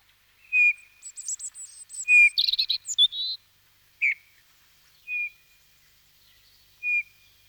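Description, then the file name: Eurasian bullfinch piping whistles repeated at intervals, with a burst of high twittering, squeaky notes early on, then further single soft whistles. Winter. "Jean C Roch Pierre Palengat - Hiver bouvreuil pivoine"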